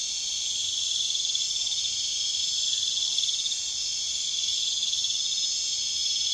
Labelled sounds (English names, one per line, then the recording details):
none
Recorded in pastures near Puerto Asís, Putumayo, Colombia, on 21 December 2024 at 19:30
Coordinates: 0.472, -76.329
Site G072